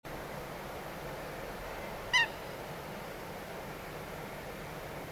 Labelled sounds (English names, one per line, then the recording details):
Eurasian Coot
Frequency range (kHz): Eurasian Coot 1.0-9.3 kHz
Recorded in France